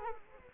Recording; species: mosquito wingbeat signal from an infrared sensor; Culex quinquefasciatus